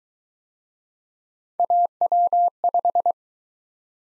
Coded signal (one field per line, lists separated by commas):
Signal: Morse code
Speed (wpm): 25 wpm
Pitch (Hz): 700 Hz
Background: none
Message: AW5